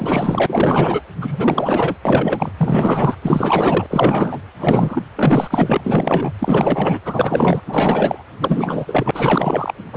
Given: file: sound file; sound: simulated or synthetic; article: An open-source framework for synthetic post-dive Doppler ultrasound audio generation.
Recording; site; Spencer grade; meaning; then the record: Doppler ultrasound audio after a dive; precordial; 4; Maximum detectable bubble signal sounding continuously throughout systole and diastole of every cardiac period, and overriding the amplitude of the normal cardiac signals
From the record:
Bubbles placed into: full cardiac cycles